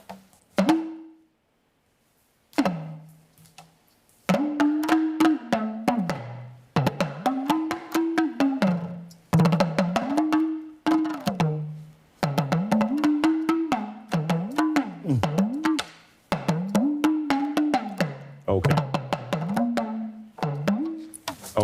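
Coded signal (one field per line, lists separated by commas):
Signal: talking drum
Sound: rapid drum strokes with low tones sliding up and down, in phrased bursts with pauses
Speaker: so just to be clear, what did the drum say right now? >> The drum uh say uh send greetings to people because before playing a drum, there is also a presentation of himself and asking permission if he can talk.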